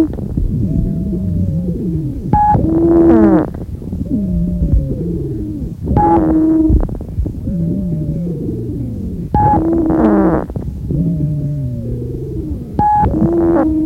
Wheeze, sometimes called a roncus, is a musical pulmonary sound. Wheezes may be described as high-pitched, in which case they are also called sibilant ronchi. A high-pitched wheeze.